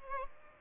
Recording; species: mosquito wingbeat signal from an infrared sensor; Aedes albopictus